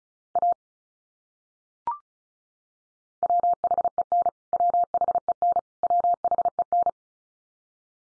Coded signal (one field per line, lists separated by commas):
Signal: Morse code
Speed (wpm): 34 wpm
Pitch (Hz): 700 Hz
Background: none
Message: A WHEN WHEN WHEN